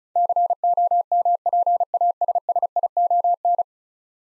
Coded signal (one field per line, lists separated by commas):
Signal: Morse code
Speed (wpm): 36 wpm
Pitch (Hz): 700 Hz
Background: none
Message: COMPASSION